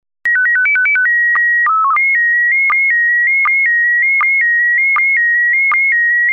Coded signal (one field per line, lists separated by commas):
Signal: SSTV (slow-scan television)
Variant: PD 180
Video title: Slow Scan Radio, Ep. 12, October 24, 2018